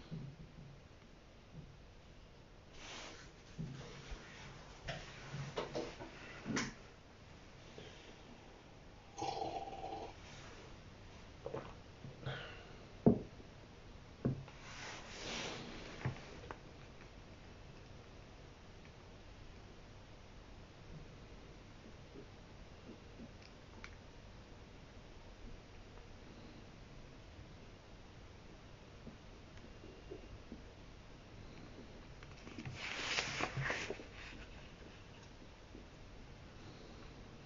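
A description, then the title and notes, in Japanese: Someone reads a book's introduction and copies out a passage by hand. Soft rustles, taps and brief scrapes cluster in the first sixteen seconds, followed by a long quiet stretch with a faint steady hiss, then a short burst of rustling near thirty-three seconds. 本の「はじめに」ないしそれに当たる部分だけを読み、印象に残った一節を書き写しているときの音です。本の「はじめに」だけを読み、印象に残った一節を書き写す。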